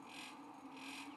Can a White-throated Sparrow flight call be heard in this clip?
no